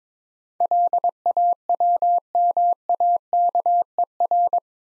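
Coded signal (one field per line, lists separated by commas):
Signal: Morse code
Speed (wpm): 22 wpm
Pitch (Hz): 700 Hz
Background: none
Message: LAWMAKER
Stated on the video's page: Morse head-copy drill of eight-letter words at 22 wpm; each word is sent, then spoken, then sent again.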